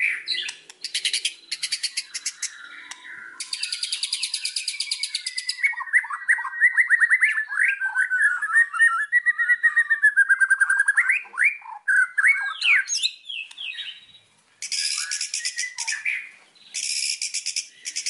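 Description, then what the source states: White-rumped shama pouring out a long, varied song of warbled whistles broken by stretches of very high, dry buzzy trills. Recording used as a lure to provoke white-rumped shamas into an immediate strong response; the bird sings vigorously (gacor).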